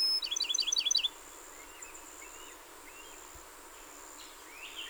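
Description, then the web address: Bachman's sparrow song fragment: a brisk, high trill of several repeated notes, followed by a few soft, scattered chips over a quiet background. Recorded 30 April 2019; the recording holds 27 songs. "soundrecordings 2019-04-30 Bachmans Sparrow-27 Songs"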